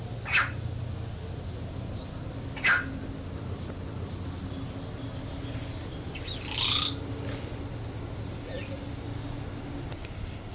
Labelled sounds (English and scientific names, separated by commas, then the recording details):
Bare-throated Bellbird (Procnias nudicollis) call
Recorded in captivity
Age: adult
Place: Zoo Berlin, Berlin, DE
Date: 2005-08-17 12:47
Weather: fair, 18°C
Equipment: Panasonic RQ-2102, Sennheiser ME 80, Kopie Uher 4000 Report Monitor
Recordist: Tembrock, Günter
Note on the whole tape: Lautfolgen